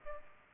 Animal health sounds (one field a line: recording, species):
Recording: mosquito wingbeat signal from an infrared sensor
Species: Aedes aegypti